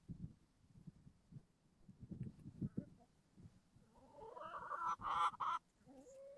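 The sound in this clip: Chicken: a few seconds of soft low thumps and shuffling, then a loud harsh harmonic call near the end, followed by a quieter note.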